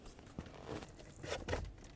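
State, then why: Not seated. A plastic HVAC housing piece from a 2000–2005 Buick LeSabre blower motor replacement is handled as it is lined up along its beveled guides to slide up and in behind a retaining tab in the dash. Crinkly, scraping plastic handling noises are heard, with a sharper crunch around 1.5 s. Nothing has seated or clicked yet.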